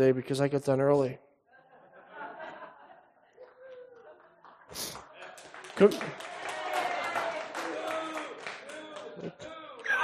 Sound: congregation laughing; congregation applauding